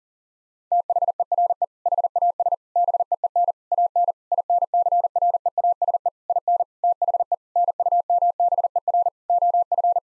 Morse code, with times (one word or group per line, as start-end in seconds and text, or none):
0.7-1.6 THERE
1.9-2.5 HAS
2.8-3.5 BEEN
3.7-4.1 AN
4.3-6.1 INCREASE
6.3-6.6 IN
6.8-7.3 THE
7.6-9.1 NUMBER
9.3-10.0 OF